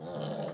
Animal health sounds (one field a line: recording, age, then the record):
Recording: pig call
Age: piglet (1 to 25 days)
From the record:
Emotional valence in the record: negative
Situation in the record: long isolation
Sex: female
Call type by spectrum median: low-frequency call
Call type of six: low-frequency stable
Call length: 0.53 s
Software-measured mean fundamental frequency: 76 Hz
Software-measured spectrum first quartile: 266 Hz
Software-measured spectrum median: 529 Hz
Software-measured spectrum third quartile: 898 Hz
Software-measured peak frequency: 535 Hz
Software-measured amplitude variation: 103 dB a second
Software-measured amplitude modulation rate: 23.4 a second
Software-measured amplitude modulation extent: 4.4 dB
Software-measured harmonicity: 1.2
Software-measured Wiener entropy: -0.34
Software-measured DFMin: 1507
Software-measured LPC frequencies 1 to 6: 570, 3074, 4076, 5213, 5646, 6531 Hz